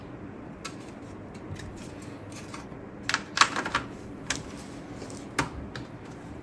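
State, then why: Seated. The aluminium bottom case of a Dell XPS 15 is pressed back onto the laptop chassis after new thermal paste is applied to fix overheating, and its plastic and metal retention clips snap in one after another around the edge. Sharp clicks are heard at about 3.1, 3.4, 3.8, 4.3 and 5.4 seconds over quiet background hiss. Each click means a clip is in place, and the cover ends up fully seated.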